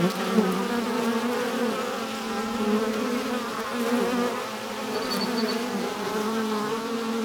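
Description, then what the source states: Bees give a thick, constant hum of many insects, with a brief high tone past the middle. Bees in a hive in a tree, recorded with wind.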